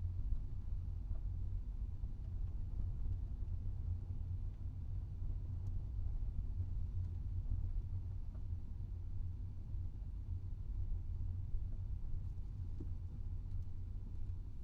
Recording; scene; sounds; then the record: everyday scene through a hearing-aid microphone; in a vehicle; engine, rumble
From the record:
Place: Skoda Fabia, gasoline engine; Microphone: in the ear canal, right